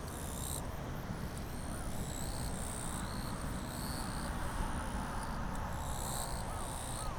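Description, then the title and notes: Japanese bush crickets trade shrill, buzzy bursts, some long and some clipped short, over continuous low background noise. Chorusing actively in daytime blazing heat, 5 August 2020, Kariwa, Niigata, Japan; same spot as a night recording; ZOOM H6 with Sennheiser MKH8020. "炎天下のキリギリス. 新潟県刈羽村"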